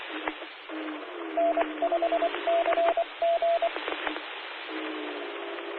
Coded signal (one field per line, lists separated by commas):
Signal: Morse code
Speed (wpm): 24 wpm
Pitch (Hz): 680 Hz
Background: radio noise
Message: N5CG